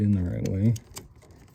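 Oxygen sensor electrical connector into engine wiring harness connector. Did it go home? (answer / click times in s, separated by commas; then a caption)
no / none. Someone talks while handling the plastic wiring connector of a replacement oxygen sensor on a 2012–18 Ford Focus (a P0131 fix), trying to orient it to push into the engine wiring harness connector. After the talking stops, only faint handling taps and rustling follow. Nothing has seated or clicked yet.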